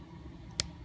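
A plastic claw on a transforming robot toy's arm is flipped back until it clicks into place. Against a faint low rumble, a single short, sharp click sounds at 0.6 s, and the claw is seated.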